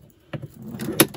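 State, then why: Seated. The plastic quick connector of the outdoor shower hose is pushed onto its water outlet port at the back of a 2022 Westfalia Kepler Six van. A few soft knocks and scrapes from about 0.3 s lead into one sharp, bright click at 1.0 s as the connector clips in automatically and seats.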